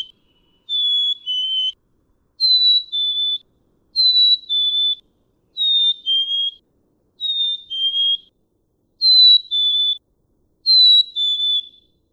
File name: Black-capped Chickadee